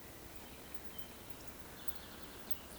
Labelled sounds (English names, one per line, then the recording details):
Eurasian Woodcock whistle
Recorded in Baden-Württemberg, Germany, on 11 June 2020 at 19:58 UTC
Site 14569, 102 m above sea level